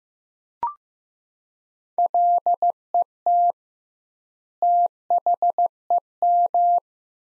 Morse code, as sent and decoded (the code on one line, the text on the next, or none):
.-.. . - / - .... . --
LET THEM